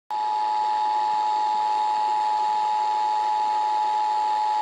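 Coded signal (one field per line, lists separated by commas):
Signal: Emergency Alert System (SAME) tones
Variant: 853 and 960 Hz attention tone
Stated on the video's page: Real required monthly test for District of Columbia, transmitted by an FM broadcast station.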